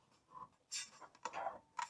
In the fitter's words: It is snapped down.